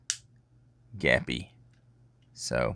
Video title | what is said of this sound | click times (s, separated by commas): Tracks -- A Transformers War For Cybertron Trilogy Kingdom Review | when these parts up here clip in, it makes all this | 0.1 s